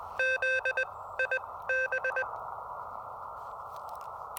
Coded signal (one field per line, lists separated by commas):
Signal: Morse code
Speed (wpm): 20 wpm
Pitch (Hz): 1550 Hz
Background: none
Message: Z I B